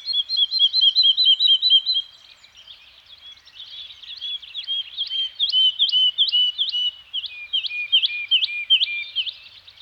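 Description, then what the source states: Bird song: a bright, ringing trill for two seconds, softer mixed twitters, then evenly spaced downslurred notes repeated roughly twice a second. Nature soundscape of a Scandinavian forest environment with birds singing.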